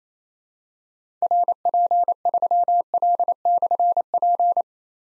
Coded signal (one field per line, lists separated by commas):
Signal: Morse code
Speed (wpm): 29 wpm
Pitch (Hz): 700 Hz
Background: none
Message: RP3L/P